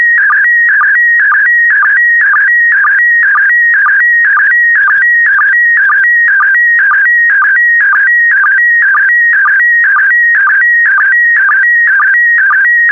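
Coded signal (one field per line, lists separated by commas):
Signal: SSTV (slow-scan television)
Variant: PD120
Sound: steady warbling tone flipping between two pitches, with a short low blip about twice a second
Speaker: the next image transmission will start in 10 seconds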